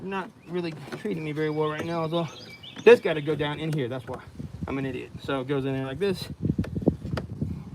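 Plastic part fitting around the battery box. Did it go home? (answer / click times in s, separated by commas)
yes / 6.9 s, 7.2 s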